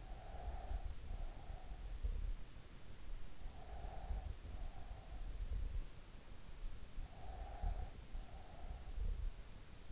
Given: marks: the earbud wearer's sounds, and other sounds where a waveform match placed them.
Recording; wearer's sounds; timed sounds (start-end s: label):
sounds in sleep by an in-ear microphone; breath
0.00-1.73 s: breath
3.43-5.50 s: breath
6.94-9.04 s: breath